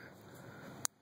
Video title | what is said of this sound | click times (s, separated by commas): BMW Temperature Sensor Replacement Repair, Due To Temperature Sensor Reading -44 or 122 Degrees | and just locks into place so that's basically | 0.9 s